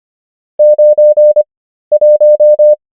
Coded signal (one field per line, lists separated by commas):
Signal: Morse code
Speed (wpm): 25 wpm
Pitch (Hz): 600 Hz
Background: none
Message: 91